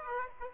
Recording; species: mosquito wingbeat signal from an infrared sensor; Aedes aegypti